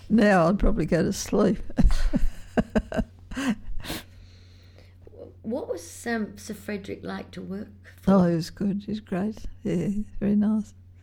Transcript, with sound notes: Now I’d probably go to sleep [laughs]
What was Sir Frederick like to work for?
Oh he was good, he was great, yeah, very nice.